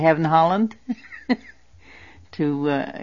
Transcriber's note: she laughs